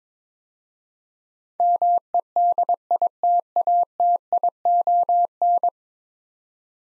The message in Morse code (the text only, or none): MEDITATION